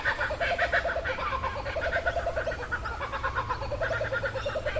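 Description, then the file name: Kookaburras in a loud group chorus, rapid repeated hooting and cackling notes overlapping in rolling bursts throughout, with steady low hum beneath. "BIRD KOOKABURRA GROUP"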